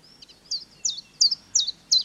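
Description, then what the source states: Common chiffchaff song, a short burst of five high chipping notes, each falling in pitch, spaced about a third of a second apart over quiet background. Singing, on a slightly windy day.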